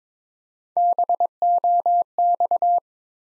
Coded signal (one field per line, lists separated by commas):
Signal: Morse code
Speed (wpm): 22 wpm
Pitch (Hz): 700 Hz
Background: none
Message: BOX